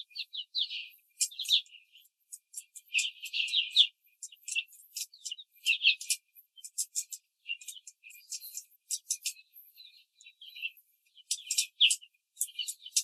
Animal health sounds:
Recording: young laying hens in a cage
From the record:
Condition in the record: control cage, before the stress test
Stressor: none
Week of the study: 4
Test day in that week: 1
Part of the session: 1

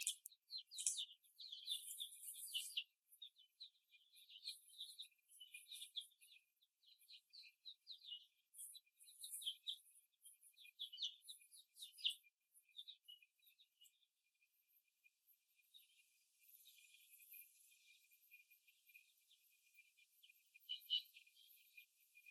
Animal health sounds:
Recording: young laying hens in a cage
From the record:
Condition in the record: after the stressor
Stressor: simulated dog barking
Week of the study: 1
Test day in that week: 2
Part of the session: 3

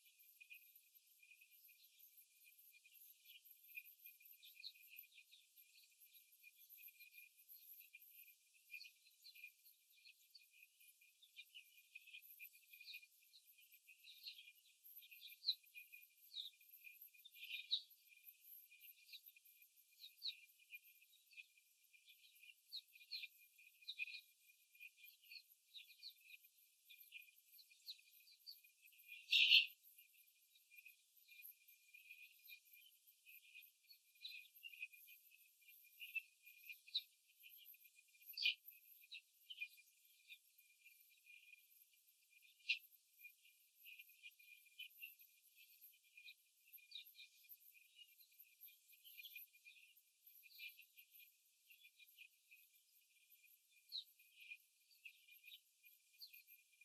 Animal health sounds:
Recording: young laying hens in a cage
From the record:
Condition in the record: after the stressor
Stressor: simulated dog barking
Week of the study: 3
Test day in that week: 2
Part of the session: 3

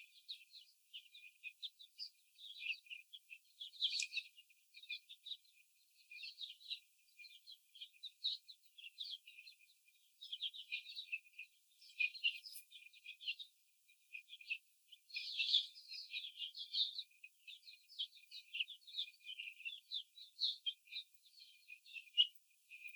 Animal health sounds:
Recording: young laying hens in a cage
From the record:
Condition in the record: before the stressor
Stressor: simulated dog barking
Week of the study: 4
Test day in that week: 2

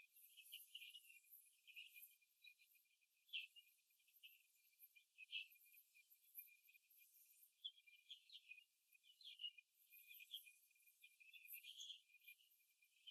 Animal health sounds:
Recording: young laying hens in a cage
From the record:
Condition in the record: after the stressor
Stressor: simulated dog barking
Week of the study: 2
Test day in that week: 2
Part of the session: 1

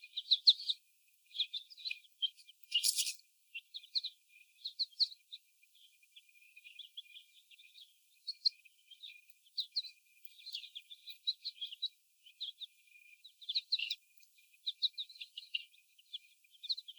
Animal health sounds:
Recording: young laying hens in a cage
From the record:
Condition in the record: before the stressor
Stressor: sudden umbrella opening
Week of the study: 1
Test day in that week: 1

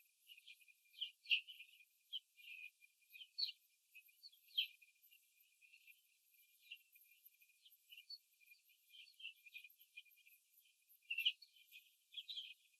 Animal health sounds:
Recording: young laying hens in a cage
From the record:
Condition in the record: before the stressor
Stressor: simulated dog barking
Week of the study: 2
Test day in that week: 3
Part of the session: 1

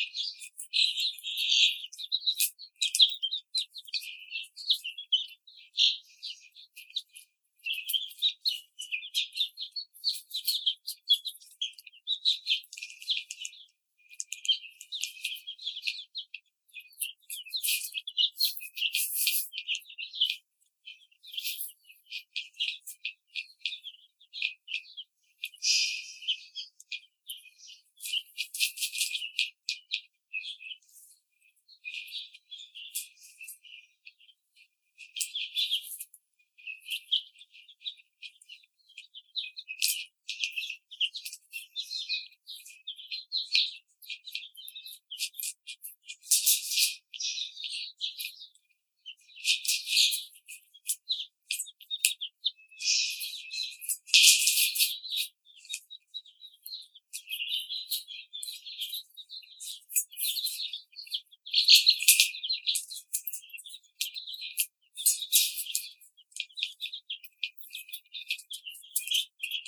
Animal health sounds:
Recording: young laying hens in a cage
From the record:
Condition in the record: treatment cage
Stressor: simulated dog barking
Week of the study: 5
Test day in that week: 1

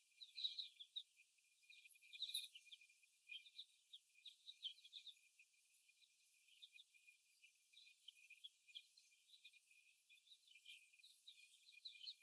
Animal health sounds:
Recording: young laying hens in a cage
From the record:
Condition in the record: before the stressor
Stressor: simulated dog barking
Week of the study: 1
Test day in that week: 1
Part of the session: 4

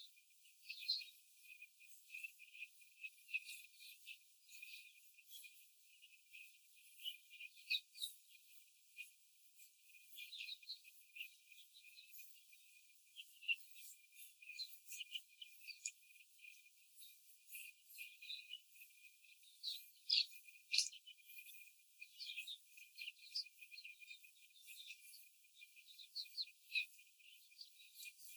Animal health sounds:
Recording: young laying hens in a cage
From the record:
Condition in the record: after the stressor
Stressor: simulated dog barking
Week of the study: 4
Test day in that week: 1

